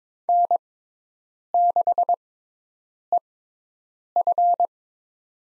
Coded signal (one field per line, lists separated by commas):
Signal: Morse code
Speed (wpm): 22 wpm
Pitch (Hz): 700 Hz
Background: none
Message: N6EF